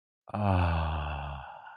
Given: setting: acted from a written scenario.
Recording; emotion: vocal sound without words; ecstasy